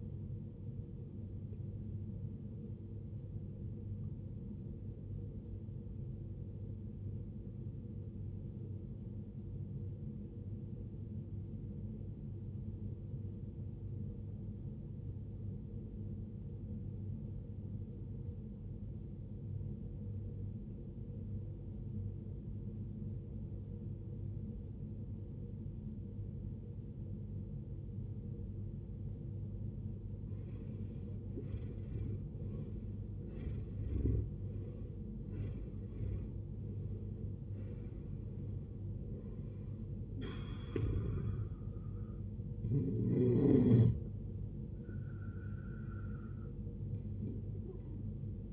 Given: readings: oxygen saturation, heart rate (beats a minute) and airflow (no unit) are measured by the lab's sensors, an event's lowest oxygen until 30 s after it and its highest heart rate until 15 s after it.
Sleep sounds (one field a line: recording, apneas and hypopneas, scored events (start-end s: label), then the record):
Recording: breathing in sleep by a smartphone at the bedside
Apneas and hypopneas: 1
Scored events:
10.00-33.20 s: obstructive apnea (N2, oxygen 95% highest, then 78% lowest, heart rate 66 at the start, 77 highest)
22.00-48.53 s: new sleep stage, N1 (lightest sleep)
From the record:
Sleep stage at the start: N2 (light sleep)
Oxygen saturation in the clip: 79 to 95%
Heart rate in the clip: 53 to 77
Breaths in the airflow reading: 6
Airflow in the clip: -15.8 to 18.8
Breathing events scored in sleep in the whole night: 389 in 6.3 hours asleep